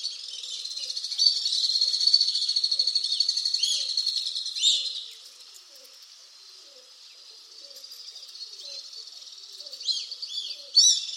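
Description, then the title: Alpine swift chattering trills, loud and rapid for about five seconds, then a quiet lull before brief sharp shrill bursts return at the end. "Le chant du martinet à ventre blanc"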